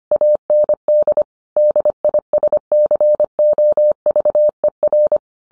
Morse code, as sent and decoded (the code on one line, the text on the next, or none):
.- -. -.. / -.. .. ... -.-. --- ...- . .-.
AND DISCOVER